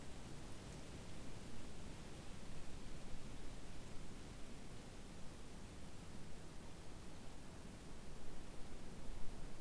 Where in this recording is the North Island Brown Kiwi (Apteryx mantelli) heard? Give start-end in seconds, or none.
none